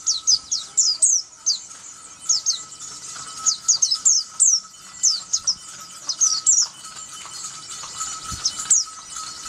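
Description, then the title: White-eye singing short clusters of high, squeaky twittered notes separated by brief gaps, over a faint steady hum and soft background hiss. "Pleci"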